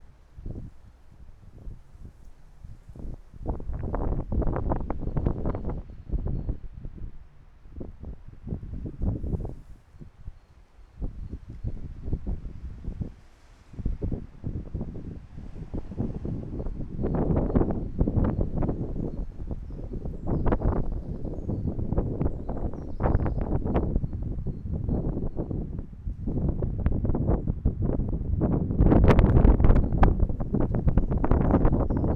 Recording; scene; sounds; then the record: everyday scene through a hearing-aid microphone; wind on the microphone; squally wind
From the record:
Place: parking lot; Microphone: behind the ear, right, front